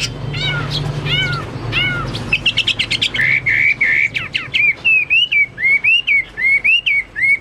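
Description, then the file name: Chinese hwamei song: loud, varied whistled phrases, first slurred descending notes, then rapid repeated rising-falling whistles at a brisk pace, with a low hum beneath. "omkicau hwamei"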